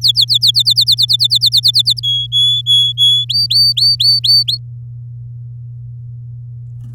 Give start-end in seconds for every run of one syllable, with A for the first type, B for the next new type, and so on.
0.01-2.00 A, 2.03-3.25 B, 3.29-4.58 C